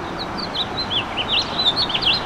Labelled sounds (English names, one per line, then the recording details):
House Finch song
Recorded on Long Island, New York, on 25 May 2011
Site FH
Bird B